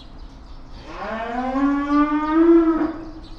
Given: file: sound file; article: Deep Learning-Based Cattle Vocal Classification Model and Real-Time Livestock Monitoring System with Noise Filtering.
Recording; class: cattle; estrus call